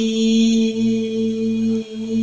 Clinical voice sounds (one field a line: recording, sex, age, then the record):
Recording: sustained vowel /i/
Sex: female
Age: 60 to 69 years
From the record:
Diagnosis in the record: healthy control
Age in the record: 68 years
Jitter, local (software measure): 1.96%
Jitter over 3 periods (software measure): 1.22%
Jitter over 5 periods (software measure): 0.93%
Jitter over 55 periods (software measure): 2.64%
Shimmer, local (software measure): 5.8%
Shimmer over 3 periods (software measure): 3.1%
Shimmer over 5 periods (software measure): 3.1%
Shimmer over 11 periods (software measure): 4.0%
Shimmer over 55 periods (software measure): 13.4%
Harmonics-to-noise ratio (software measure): 19.0 dB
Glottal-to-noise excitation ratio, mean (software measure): 0.87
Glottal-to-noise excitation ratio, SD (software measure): 0.032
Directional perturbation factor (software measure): 80.4%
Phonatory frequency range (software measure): 1.08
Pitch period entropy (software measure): 2.05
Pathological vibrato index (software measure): 0.93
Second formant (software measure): 3201 Hz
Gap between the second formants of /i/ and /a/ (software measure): 2284 Hz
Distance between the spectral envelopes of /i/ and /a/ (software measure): 10.7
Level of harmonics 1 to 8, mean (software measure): -9.2, -19.2, -44.9, -52.1, -54.6, -60.2, -59.8, -62.3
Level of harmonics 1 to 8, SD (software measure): 8.3, 10.9, 6.8, 7.1, 4.9, 5.8, 7.9, 6.4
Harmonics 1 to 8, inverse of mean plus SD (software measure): 0.057, 0.033, 0.019, 0.017, 0.017, 0.015, 0.015, 0.015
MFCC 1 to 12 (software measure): -3.2, 18.5, -10.9, -10.4, -11.5, -15.5, -3.1, -2.3, -6.3, -5.2, -11.9, -11.3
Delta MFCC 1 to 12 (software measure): 0.018, -0.006, 0.035, -0.021, 0.005, 0.026, 0.016, 0.013, 0.025, 0.009, -0.010, -0.008